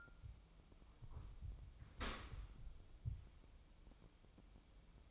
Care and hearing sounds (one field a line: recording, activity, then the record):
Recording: daily activity, microphone in the room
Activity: open dishwasher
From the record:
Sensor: 1